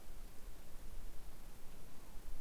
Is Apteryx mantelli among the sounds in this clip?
no